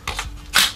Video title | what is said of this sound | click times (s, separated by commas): Review #19 : Glock 17 Gladius SECUTOR | voilà, le chargeur se clipse à l'intérieur, j'arme, on | 0.6 s